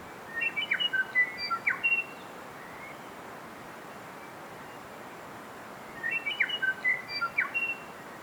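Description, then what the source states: Bellbird song: two brief bursts of clear whistled notes, separated by several seconds of quiet background hiss. Native bellbird singing a melody.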